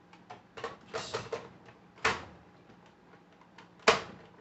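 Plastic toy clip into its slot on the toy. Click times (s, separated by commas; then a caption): 3.9 s. A plastic clip on a Transformers War for Cybertron Siege Titan Class Omega Supreme toy is slid into its slot, with a run of light plastic fumbling and scraping knocks and a sharper knock at about 2.1 seconds. The clip then snaps home with a loud, sharp click at 3.9 seconds, and it is seated in place.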